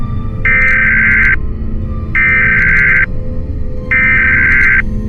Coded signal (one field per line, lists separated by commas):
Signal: Emergency Alert System (SAME) tones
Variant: header bursts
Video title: EAS Scenario #8: SCP- 096 (The Shy Guy)